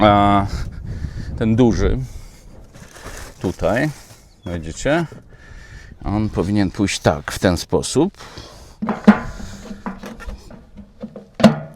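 Someone talks while servicing a truck, then pushes the large filter, its nozzle greased, into its housing. A few short knocks follow, and the filter clicks into place at 11.4 s, seated.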